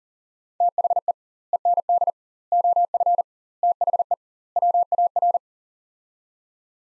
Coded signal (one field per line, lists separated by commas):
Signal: Morse code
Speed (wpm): 40 wpm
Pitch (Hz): 700 Hz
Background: none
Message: THE END OF THE WAR